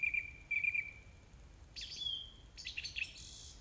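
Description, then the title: Song thrush: songbird with quick high trilled notes, then a pure drawn whistle and a burst of scratchy twitters, over faint hiss. Recorded on 4 May 2021 at 20:35. "2021-05-04 20-35-13-Song-Thursh-4 th-May-2021"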